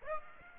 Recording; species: mosquito wingbeat signal from an infrared sensor; Aedes aegypti